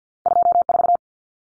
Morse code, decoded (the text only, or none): 24